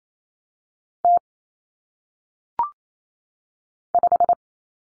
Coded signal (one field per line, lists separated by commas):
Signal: Morse code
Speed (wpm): 28 wpm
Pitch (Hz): 700 Hz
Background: none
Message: T 5